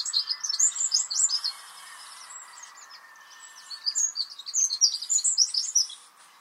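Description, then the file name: Eurasian wren song, two bursts of rapid high twittering and trilled notes separated by a pause with a hissing noise in the background. "Troglodytes troglodytes"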